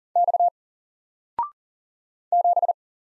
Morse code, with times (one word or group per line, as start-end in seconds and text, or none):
0.2-0.5 X
2.3-2.7 7